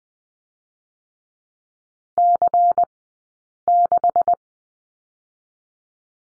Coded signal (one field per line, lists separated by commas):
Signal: Morse code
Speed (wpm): 20 wpm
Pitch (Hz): 700 Hz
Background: none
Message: C6